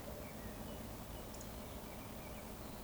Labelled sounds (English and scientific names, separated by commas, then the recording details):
Eurasian Woodcock (Scolopax rusticola) whistle
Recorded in Baden-Württemberg, Germany, on 24 June 2020 at 19:28 UTC
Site 14569, 102 m above sea level